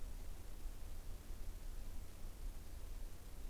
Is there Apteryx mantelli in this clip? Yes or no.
no